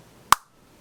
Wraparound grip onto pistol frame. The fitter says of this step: so I'm going to squeeze it and you'll see it pop into place